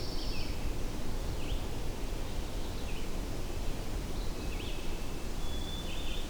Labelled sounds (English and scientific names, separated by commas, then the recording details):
Red-eyed Vireo (Vireo olivaceus) song
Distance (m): 85 m
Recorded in boreal forest in Alberta, Canada, on 21 June 2016 at 08:50
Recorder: SongMeter 3, array SBT-6-76
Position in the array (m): 180 m, 88 m